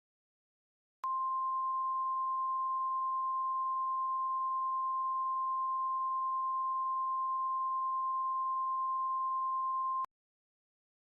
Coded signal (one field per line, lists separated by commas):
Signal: Emergency Alert System (SAME) tones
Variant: 1050 Hz attention tone